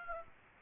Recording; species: mosquito wingbeat signal from an infrared sensor; Aedes aegypti